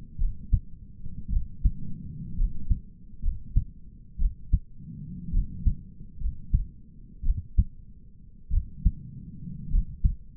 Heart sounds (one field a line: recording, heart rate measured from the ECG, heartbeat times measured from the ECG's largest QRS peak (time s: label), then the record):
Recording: heart sounds by stethoscope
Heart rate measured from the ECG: 57 bpm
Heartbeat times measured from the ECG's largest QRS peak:
0.20 s: heartbeat
1.31 s: heartbeat
2.38 s: heartbeat
3.24 s: heartbeat
4.20 s: heartbeat
5.33 s: heartbeat
6.21 s: heartbeat
7.25 s: heartbeat
8.52 s: heartbeat
9.71 s: heartbeat
From the record:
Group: healthy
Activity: rest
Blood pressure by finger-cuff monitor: 95/56 mmHg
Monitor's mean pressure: 70 mmHg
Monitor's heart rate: 59 bpm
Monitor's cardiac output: 5.8 L/min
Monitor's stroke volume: 102 mL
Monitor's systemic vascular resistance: 790 dyn s/cm5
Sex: male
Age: 22 years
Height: 181 cm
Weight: 79 kg